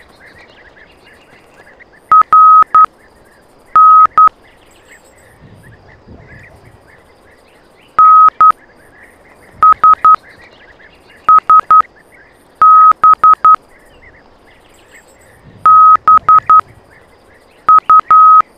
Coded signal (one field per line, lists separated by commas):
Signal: Morse code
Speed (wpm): 11 wpm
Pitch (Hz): 1270 Hz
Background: none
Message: RNNSSBBU